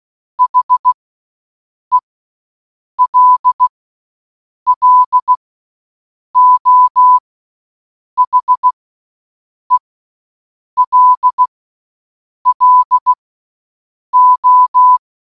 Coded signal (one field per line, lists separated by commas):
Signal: Morse code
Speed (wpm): 16 wpm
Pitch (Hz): 1000 Hz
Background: none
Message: HELLO HELLO